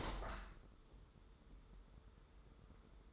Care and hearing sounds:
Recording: daily activity, microphone in the room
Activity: open window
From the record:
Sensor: 3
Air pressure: 995.7 hPa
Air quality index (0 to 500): 89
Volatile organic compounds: 10 ppm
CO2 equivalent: 2201 ppm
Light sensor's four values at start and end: 27/82/34/30 and 28/83/35/30

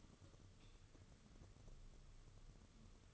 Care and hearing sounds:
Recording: daily activity, microphone in the room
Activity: light off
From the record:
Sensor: 4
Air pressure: 995.3 hPa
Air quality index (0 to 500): 210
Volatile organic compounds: 218 ppm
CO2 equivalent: 4269 ppm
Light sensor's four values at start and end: 7/18/7/8 and 7/16/6/7

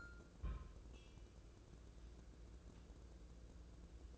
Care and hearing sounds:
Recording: daily activity, microphone in the room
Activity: place on stove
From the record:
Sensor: 2

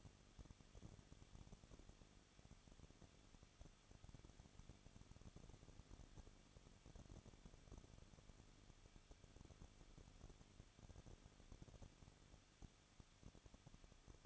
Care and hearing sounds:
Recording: daily activity, microphone in the room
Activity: no activity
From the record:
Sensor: 4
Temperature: 23.1 degrees Celsius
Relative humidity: 34.1%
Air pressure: 1007.2 hPa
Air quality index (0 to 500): 215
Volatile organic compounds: 15 ppm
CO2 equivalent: 2481 ppm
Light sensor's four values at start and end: 2/3/1/1 and 2/3/1/1

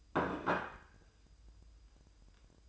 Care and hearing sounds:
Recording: daily activity, microphone in the room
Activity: place plate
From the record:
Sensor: 2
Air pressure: 988.5 hPa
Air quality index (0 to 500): 192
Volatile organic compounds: 188 ppm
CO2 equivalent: 4172 ppm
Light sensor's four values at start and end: 19/65/25/24 and 19/65/25/24

